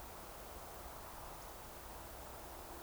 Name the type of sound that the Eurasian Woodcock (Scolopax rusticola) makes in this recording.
whistle